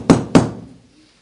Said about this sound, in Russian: А за дверьми кто-то стучал.